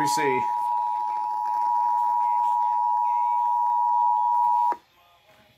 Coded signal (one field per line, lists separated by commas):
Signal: Emergency Alert System (SAME) tones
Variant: 853 and 960 Hz attention tone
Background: speech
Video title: HELLO 2020... EAS Tests from 1/7/20 - 1/16/20 (EAS #3,660 - 3,671)